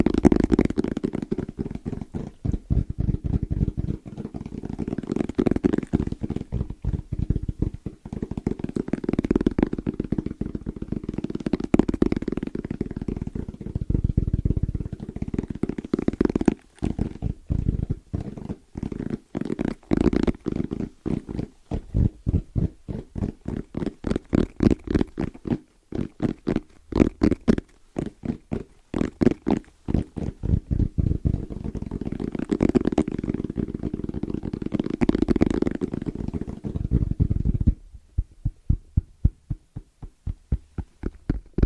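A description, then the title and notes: Fast, rhythmic tapping on assorted objects fills the recording, a dense run of short knocks with a low, hollow thud. The pattern speeds up and thins out in places, with brief gaps around 17 and 25 seconds, and turns lighter and sparser after about 38 seconds. ASMR Fast & Rhythmic Tapping on Random Objects (No Talking).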